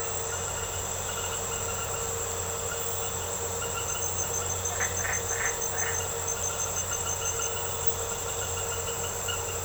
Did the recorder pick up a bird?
no